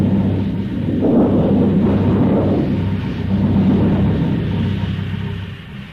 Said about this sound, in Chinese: 第三幕，风雷闪电刚过，接着下了一场暴雨。半夜了，还是没有一点凉气，更大的暴雨就要来了。